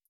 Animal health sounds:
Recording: hydrophone in a shrimp aquaculture tank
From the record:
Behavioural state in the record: feeding

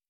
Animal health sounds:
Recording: hydrophone in a shrimp aquaculture tank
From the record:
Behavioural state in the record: stressed

